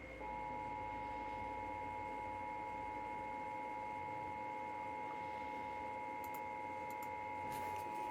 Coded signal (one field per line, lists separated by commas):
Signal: Emergency Alert System (SAME) tones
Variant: 853 and 960 Hz attention tone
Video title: Non-AMBER Alert November...FAILED. || EAS Alerts from November 2024 (EAS #3,097-3,107)